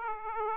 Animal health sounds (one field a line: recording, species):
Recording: mosquito wingbeat signal from an infrared sensor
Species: Aedes aegypti